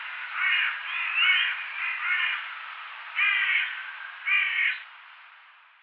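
Crow calling in a run of raspy caws, several close together, then two more spaced out before the sound fades into hiss.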